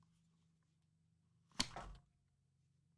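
A pistol is pushed into a retention holster, and the retention locks with a sharp click at 1.6 s, followed by a short scuffing rustle that fades by about 2.0 s. A low steady hum sits underneath throughout. The pistol is seated and locked in the holster.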